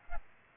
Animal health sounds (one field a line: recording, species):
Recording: mosquito wingbeat signal from an infrared sensor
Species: Aedes aegypti